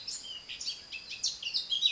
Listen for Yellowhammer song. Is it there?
no